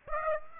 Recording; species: mosquito wingbeat signal from an infrared sensor; Aedes aegypti